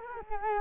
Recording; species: mosquito wingbeat signal from an infrared sensor; Culex quinquefasciatus